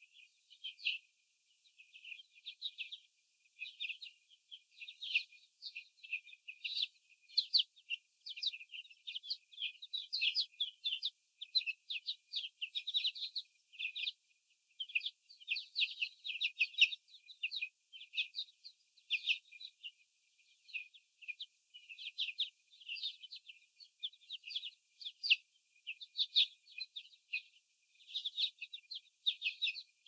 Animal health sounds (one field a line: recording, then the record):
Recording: young laying hens in a cage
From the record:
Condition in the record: after the stressor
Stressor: sudden umbrella opening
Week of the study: 3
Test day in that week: 2